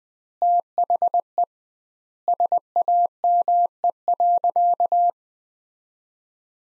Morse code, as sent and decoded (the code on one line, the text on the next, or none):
- .... . / ... .- -- . .-.-.-
THE SAME.